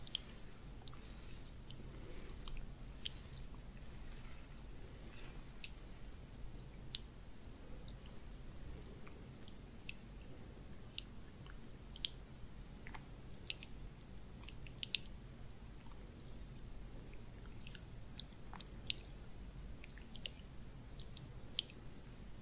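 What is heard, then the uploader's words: Hands work oil over a face in a massage, giving soft, wet squishing and slick rubbing throughout. Short bright clicks and smacks pop up irregularly every second or so, over a steady low rumbling hum that never lets up. ASMR Oil Face Massage & Facial Treatment Roleplay for Sleep face touching personal attention.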